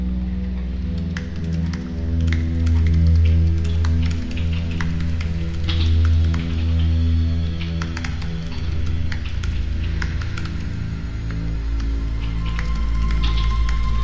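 Quick, irregular clicks of typing on a keyboard run through the whole stretch, some keystrokes sharper and louder than others. Underneath, a steady low hum swells and ebbs in slow waves, and a faint, thin tone enters near the end.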